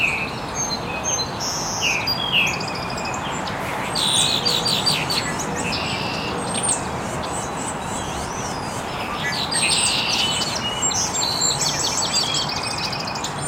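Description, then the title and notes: Many birds chirping in an irregular dawn chorus of high twitters, short whistles and trills, over steady background noise. Birds chirping very early in the morning in an estuary. "Birds Chirping in the Early Morning. Original sounds of birds chirping very early in the morning in an estuary"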